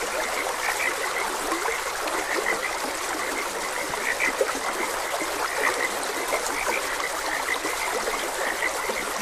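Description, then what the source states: Frogs calling together in dense, repeated mid-pitched croaks that pulse unevenly, backed by the steady wash of running water. Frogs croaking beside a gentle stream.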